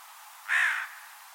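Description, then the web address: Bird giving a single short, harsh, hoarse caw, with steady faint background hiss. "Deverinetal 2025 File origin Bird Only"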